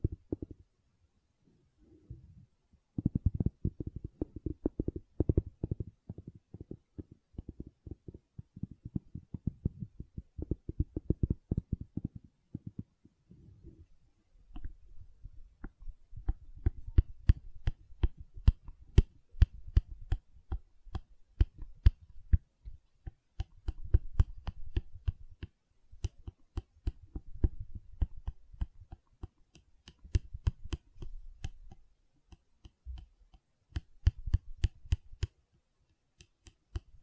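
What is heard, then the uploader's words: Gentle silicone sounds: for the first fifteen seconds, soft, low squishy thumps come in dense clustered bursts with short pauses between them. After that the handling turns crisper, with quick sticky clicks and light taps scattered over a softer rumbling bed through to the end. ASMR Gentle Silicon Sounds for Sleep (No Talking).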